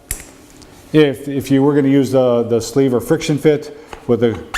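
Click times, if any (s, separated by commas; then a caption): 0.1 s. The click-fit end of a Bosch VAC090AH vacuum's dust hose is slid onto the dust port of a concrete drilling suction attachment and seats with a positive click for a secure fit that won't come loose. A sharp click sounds at 0.1 s, though it could also be the hose being unclipped. Someone then talks.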